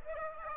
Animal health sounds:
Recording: mosquito wingbeat signal from an infrared sensor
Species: Aedes aegypti

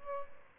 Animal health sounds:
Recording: mosquito wingbeat signal from an infrared sensor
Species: Aedes albopictus

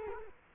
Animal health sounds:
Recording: mosquito wingbeat signal from an infrared sensor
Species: Culex quinquefasciatus

